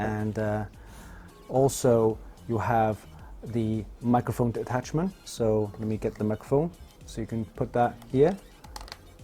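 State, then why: Seated. A detachable boom microphone is pushed into its socket on the ear cup of a HyperX Cloud Flight S wireless gaming headset while someone talks. Short clicks sound at 8.8 s and 8.9 s as the microphone locks in place.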